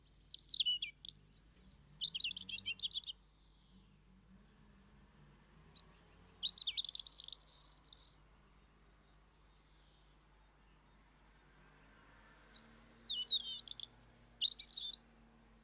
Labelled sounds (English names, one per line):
European Robin song